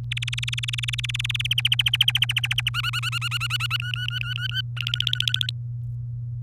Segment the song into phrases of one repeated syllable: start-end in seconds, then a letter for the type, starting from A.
0.12-1.53 A, 1.58-2.69 B, 2.74-3.77 C, 3.80-4.61 D, 4.76-5.50 E